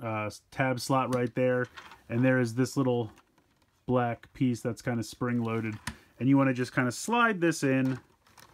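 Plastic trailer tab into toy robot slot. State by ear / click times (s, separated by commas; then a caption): not seated / none. A plastic tab on the trailer of a Transformers Kingdom Commander Class Rodimus Prime toy robot is lined up to slide into the toy's spring-loaded tab slot while someone talks throughout, with only faint handling noise under the voice. Nothing has seated or clicked yet by the end.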